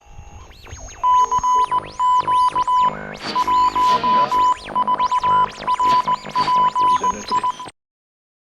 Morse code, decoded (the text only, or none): CQ 14 RPI